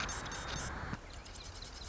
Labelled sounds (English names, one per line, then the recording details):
Marsh Wren
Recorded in Sonoma County, California